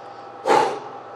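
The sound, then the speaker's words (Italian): A single short puff of breath blown out sharply, as if onto someone's face, demonstrating Jesus's gesture when healing a deaf man; a soft breathy whoosh lasting under half a second, heard on its own with no talking around it. “Poi, guardando gli occhi il cielo, emise un sospiro, gli ha alitato in faccia, gli ha fatto...”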